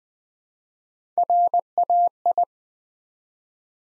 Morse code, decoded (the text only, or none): RAI